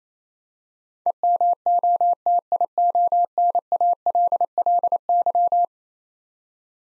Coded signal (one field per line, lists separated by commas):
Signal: Morse code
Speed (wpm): 27 wpm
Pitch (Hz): 700 Hz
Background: none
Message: EMOTIONALLY